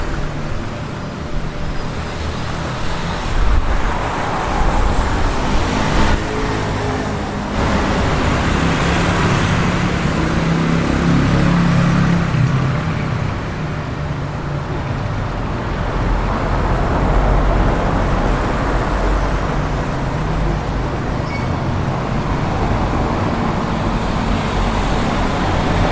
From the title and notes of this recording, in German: Lateinamerikas Straßen: Beruhigende Geräusche zum Einschlafen.